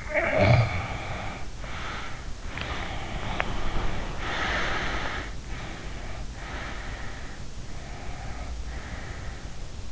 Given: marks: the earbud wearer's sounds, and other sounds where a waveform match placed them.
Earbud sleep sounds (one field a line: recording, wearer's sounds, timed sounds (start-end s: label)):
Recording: sounds in sleep by an in-ear microphone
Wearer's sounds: snoring breath, breath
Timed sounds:
0.00-2.40 s: snoring breath
2.69-5.32 s: breath
5.58-7.55 s: breath
7.73-9.62 s: breath